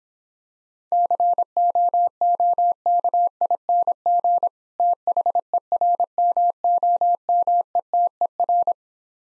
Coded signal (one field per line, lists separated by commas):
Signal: Morse code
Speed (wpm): 26 wpm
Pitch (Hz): 700 Hz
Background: none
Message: COOKING THERMOMETER